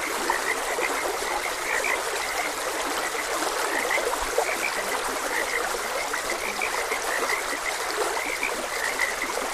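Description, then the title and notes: Frogs croaking continuously in a crowded chorus of brief notes, with constant stream noise beneath. Frogs croaking beside a gentle stream. "Gentle Stream and Frogs Croaking. Sleep and Relaxation Podcast"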